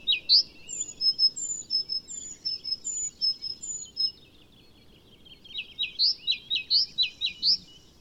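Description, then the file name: Great tit calls: a quick run of short, sharp descending notes, then thin high whistled notes, then another burst of sharp notes, all over a soft low background hiss. "Parus major"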